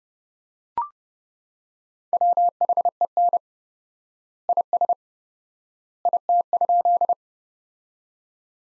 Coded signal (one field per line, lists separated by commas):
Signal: Morse code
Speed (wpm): 30 wpm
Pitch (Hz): 700 Hz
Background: none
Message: WHEN IS IT?